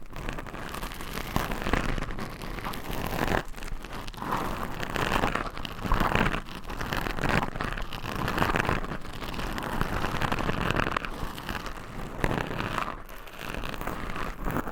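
Nails scratch across microphone covers in a dense, continuous rasping texture that swells and eases every second or so. The scraping stays gritty and rain-like, with brighter bursts near 4, 6, 8 and 12 seconds and brief dips between strokes.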